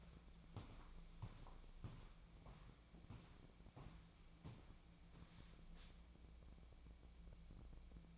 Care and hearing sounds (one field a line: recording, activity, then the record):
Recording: daily activity, microphone in the room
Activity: walk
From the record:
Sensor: 1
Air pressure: 1012.3 hPa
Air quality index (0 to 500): 180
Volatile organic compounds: 3 ppm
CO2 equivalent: 1476 ppm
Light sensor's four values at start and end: 42/117/47/57 and 44/121/49/60